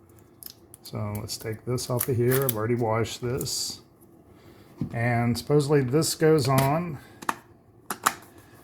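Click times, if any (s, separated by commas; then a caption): 7.9 s. Someone talks while fitting a plastic attachment onto a Ninja Swirl by CREAMi soft-serve ice cream machine, with a few light handling taps early on and around 7.2–7.3 s. At 7.9 s a sharp click sounds as the attachment snaps into its locked position, followed by another brief tick just after.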